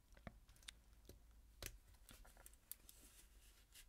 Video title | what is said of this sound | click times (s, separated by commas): Modified Pagani Design PD-1644 (Daytona Homage) 4K Watch Review | so i've now sized it correctly to fit my 8 inch wrist nice positive click to it and | 2.7 s